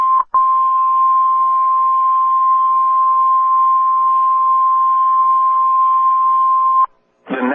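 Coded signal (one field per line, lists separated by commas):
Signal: Emergency Alert System (SAME) tones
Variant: 1050 Hz attention tone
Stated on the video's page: Severe Thunderstorm Warning from NWS Norman for Grady, Cleveland and McClain counties, Oklahoma, destructive storm with baseball-size hail.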